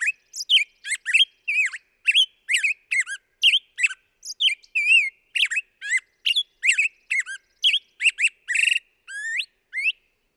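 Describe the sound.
Black-headed grosbeak song, a long run of rich whistled warbling phrases, rising and falling, delivered rapidly for about ten seconds against a quiet background.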